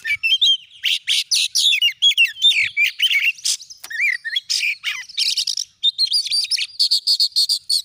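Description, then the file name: Oriental magpie-robin song of rapid scratchy notes and looping whistles, ending in a string of repeated clear whistled notes. "Suara Kacer"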